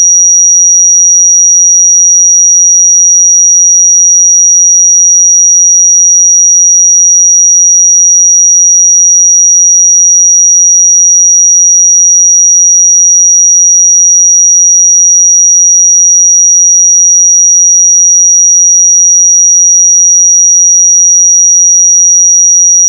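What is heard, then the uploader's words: A pure sine tone at 5761 Hz holds perfectly steady and bright for the whole stretch, unchanging in pitch and loudness, nothing else present. 5761 Hz 1 Hz Interval Sine Pure Tone Frequency 441000 Sample Mono.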